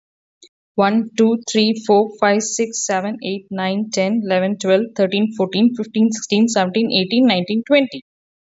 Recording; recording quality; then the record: counting at a fast pace; excellent, no background noise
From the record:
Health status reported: healthy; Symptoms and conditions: diabetes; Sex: female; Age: 41 years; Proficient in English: yes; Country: Canada